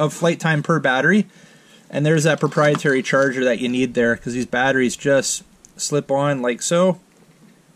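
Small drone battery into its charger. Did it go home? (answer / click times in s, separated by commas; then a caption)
no / none. A small battery for a 4DRC Mini Pocket Drone is slid onto its proprietary charger while someone talks throughout. Nothing has seated or clicked yet; the clip ends just before the battery locks home.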